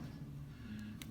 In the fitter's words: just pops right in there